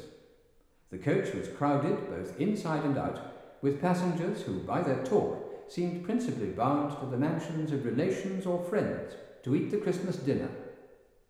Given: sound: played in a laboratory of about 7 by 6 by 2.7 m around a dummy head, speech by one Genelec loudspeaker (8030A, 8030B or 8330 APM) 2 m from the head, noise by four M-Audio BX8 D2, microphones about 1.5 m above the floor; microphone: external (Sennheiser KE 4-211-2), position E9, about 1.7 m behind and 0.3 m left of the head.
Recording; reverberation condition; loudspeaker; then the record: male speech in English; high; 150 degrees to the left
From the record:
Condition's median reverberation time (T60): about 1300 ms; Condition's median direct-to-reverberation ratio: about -4.0 dB